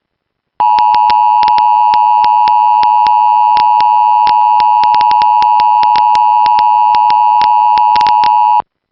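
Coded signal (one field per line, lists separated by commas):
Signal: Emergency Alert System (SAME) tones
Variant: 853 and 960 Hz attention tone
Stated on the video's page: Real child abduction emergency alert with live voice announcement.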